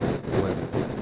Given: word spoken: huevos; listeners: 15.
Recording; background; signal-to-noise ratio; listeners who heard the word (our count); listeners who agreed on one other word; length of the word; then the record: one Spanish word in noise, from a listening test; noise modulated by three-talker babble; -7.0 dB; 1 of 15; 8 of 15; 0.63 s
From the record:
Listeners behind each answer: 8, 3, 1, 1, 1, 1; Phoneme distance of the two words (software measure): 14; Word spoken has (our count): 2 syllables, 5 phonemes, stress on syllable 1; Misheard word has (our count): 2 syllables, 7 phonemes, stress on syllable 1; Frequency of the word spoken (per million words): 36.98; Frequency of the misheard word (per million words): 78.97